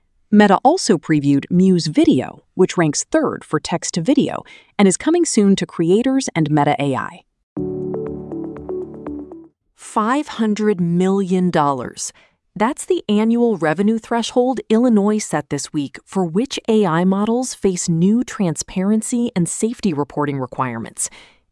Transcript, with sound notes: Meta also previewed Muse Video, which ranks third for text-to-video and is coming soon to creators and Meta AI.
[with emphasis] Five hundred million dollars. That’s the annual revenue threshold Illinois set this week for which AI models face new transparency and safety reporting requirements.